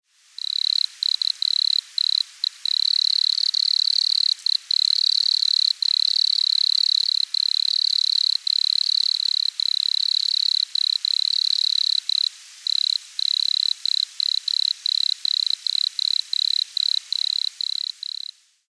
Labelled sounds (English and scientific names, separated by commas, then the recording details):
Wood Cricket (Nemobius sylvestris)
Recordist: Tembrock, Günter
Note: Gesang